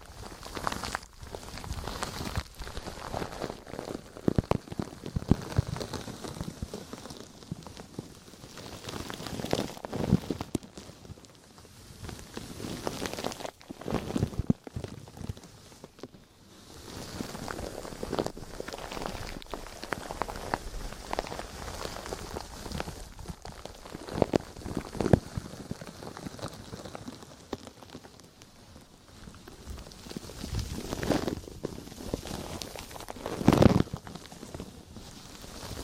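Deep crinkling and scratchy rubbing with a clicky texture, like rain pattering on a surface. The sound is dense and irregular, swelling and easing in waves, with sharp louder crackles around 10, 14, 25 and 33 seconds and a brief quiet dip near 16 seconds.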